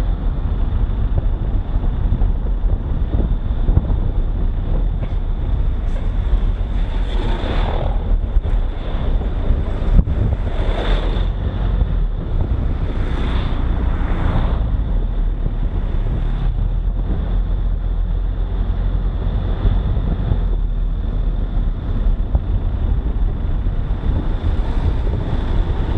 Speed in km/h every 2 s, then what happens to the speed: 29, 27, 26, 23, 24, 24, 24, 25, 29, 32, 32, 30, 28.
0-13 steady at about 24. 13-18 speeds up to 32. 18-26 steady at about 30.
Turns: none.